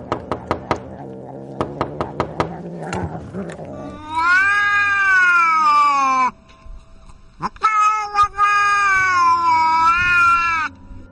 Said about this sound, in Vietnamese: Trong thời gian này, tiếng Ly Miêu cũng chuyển từ kêu sang hú, giống như trẻ con khóc nỉ non, khiến cho năm người trong nhà kinh hãi